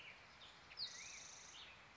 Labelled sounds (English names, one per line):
Black-headed Grosbeak